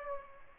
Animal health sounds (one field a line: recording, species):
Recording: mosquito wingbeat signal from an infrared sensor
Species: Aedes aegypti